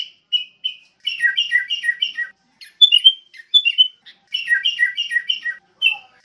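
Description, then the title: Sooty-headed bulbul giving quick bursts of bright, bubbling notes in tight groups, with short pauses between bursts. "kutilang biasa"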